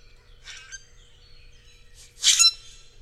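Bird calls, a few short bursts of high chirping notes, the last one loudest.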